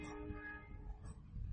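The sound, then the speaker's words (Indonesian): A train horn sounds a steady, multi-toned blast over the low, continuous rumble of a passing train; the horn fades after a moment while the rumbling carries on. “Mau kereta ya? Masyaallah.”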